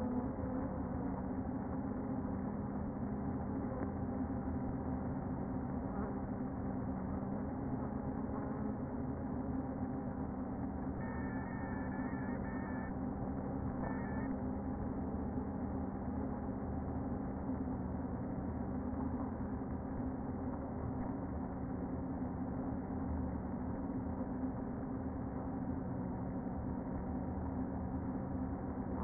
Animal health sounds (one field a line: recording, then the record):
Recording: honeybee colony, microphone inside the hive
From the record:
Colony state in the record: queen present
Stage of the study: before two queens were removed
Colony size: about 60,000 bees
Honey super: yes